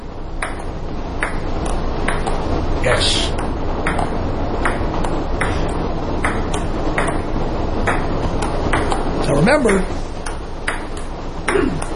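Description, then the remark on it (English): A ping pong ball bounces back and forth in a steady rally, bright sharp clicks repeating roughly twice a second throughout, while a voice speaks briefly over the rhythm. “And, of course, on a rainy day, you're stuck inside. Maybe you want to play a little ping pong.”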